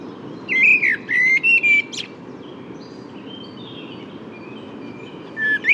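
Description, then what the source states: Blackbird song phrase of mellow whistled notes ending in a squeaky flourish, followed by a pause and the start of another phrase, over constant low rumbling noise. Second individual blackbird, recorded in the morning at the Bois de Vincennes on 6 April 2018, with permanent suburban background noise.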